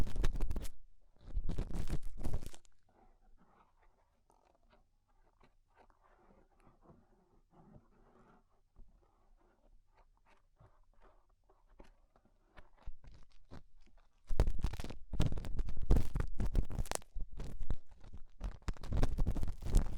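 Ear cleaning with rhinestone and clay removal, heard as close crackling, scraping and crunchy rubbing. Loud bursts fill the first two and a half seconds, a quieter stretch of faint murmuring textures follows, and dense, loud scratching returns from about fourteen seconds to the end.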